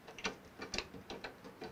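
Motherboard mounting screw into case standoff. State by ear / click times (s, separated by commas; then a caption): stripped / none. A metal motherboard mounting screw is driven through the motherboard into a case standoff, and the driver gives off a series of short, repeated ticking sounds as it turns. The screw will not go in all the way and nothing seats or clicks into place. The thread appears stripped.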